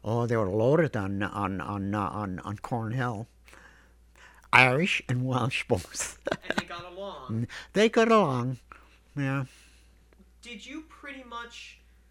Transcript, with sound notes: Oh, they're loaded on -- on-- on-- on—on Corn Hill. Irish and Welsh both. ( he laughs )
And they got along.
They got along, yeah.
Did you pretty much,